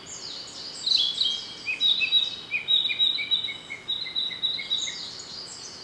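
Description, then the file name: Narcissus flycatcher song: quick runs of short clear whistled notes, some dropping in pitch, with fainter high chirping behind. "rodolphe alexis - narcissus flycatcher"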